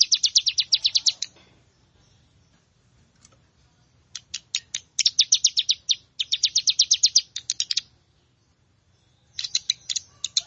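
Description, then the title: Plain prinia song in repeated bursts of fast, high buzzy notes, each burst a second or two long, separated by short pauses and a few single ticks. "Ciblek Sawah"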